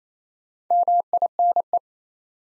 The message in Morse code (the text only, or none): MINE